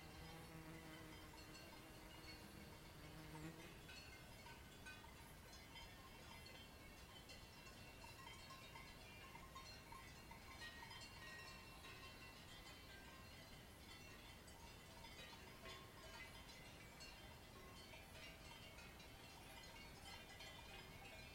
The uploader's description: the delicate, rhythmic mooing of cows in its purest form